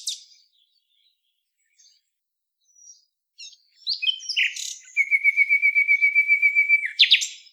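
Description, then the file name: Common nightingale song: scattered soft notes, then a burst of varied phrases and a long, fast, even series of rich repeated notes near the end. "Luscinia megarhynchos"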